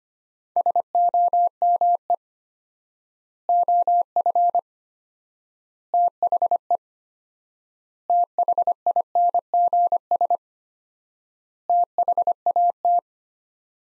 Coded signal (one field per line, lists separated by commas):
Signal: Morse code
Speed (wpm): 25 wpm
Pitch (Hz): 700 Hz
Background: none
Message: SOME OF THE THINGS THAT